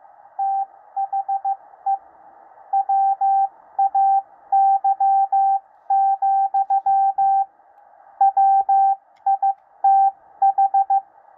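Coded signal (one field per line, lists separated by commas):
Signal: Morse code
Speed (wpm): 15 wpm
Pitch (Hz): 780 Hz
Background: radio noise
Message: THE WAY, WITH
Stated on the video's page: 13 WPM code practice broadcast for head copy, part of a recent broadcast.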